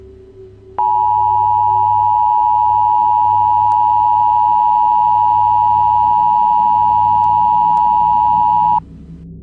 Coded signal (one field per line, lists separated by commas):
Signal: Emergency Alert System (SAME) tones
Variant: 853 and 960 Hz attention tone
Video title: 4 Scariest Emergency Alerts & EAS Alarms (Vol. 4)